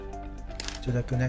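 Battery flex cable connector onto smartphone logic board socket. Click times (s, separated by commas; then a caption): 0.6 s, 0.7 s. A pry tool presses the battery's flex ribbon cable connector flush onto its socket on an iPhone 5s logic board during a battery replacement, while music plays and someone talks. Two short, sharp clicks are heard at 0.6 and 0.68 seconds as the connector seats.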